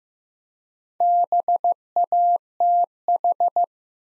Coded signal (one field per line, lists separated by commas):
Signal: Morse code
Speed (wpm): 15 wpm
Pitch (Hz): 700 Hz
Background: none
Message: BATH